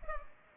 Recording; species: mosquito wingbeat signal from an infrared sensor; Culex pipiens